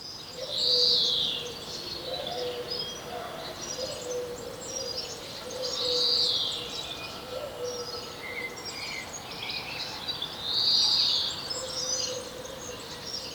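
European greenfinch repeating a nasal, buzzy wheeze that rises then falls, roughly every five seconds, with other small birds twittering in the background.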